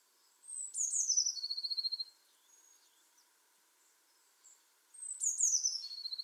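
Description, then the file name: Eurasian blue tit calling twice: each time thin high notes dropping into a rapid rattling trill, with soft faint sounds between. "Cyanistes caeruleus"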